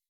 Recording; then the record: hydrophone in a shrimp aquaculture tank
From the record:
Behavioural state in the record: weakened